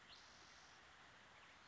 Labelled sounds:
Spotted Towhee (Pipilo maculatus)
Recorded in Sonoma County, California

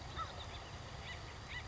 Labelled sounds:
Acorn Woodpecker (Melanerpes formicivorus)
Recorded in Sonoma County, California

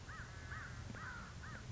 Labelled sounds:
American Crow (Corvus brachyrhynchos)
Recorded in Sonoma County, California

